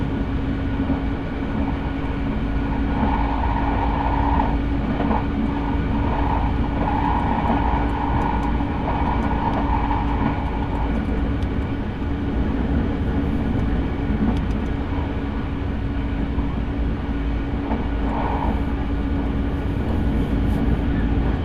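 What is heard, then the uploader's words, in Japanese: A train ride, heard as a steady, dense low rumble with a constant hum running underneath. A higher whine swells in and out between about 3 and 11 seconds and returns briefly near 18 seconds, while faint clicks and rattles tick through the ride. 耳で楽しむ鉄道旅 日豊本線特急ソニック6号 柳ヶ浦→小倉。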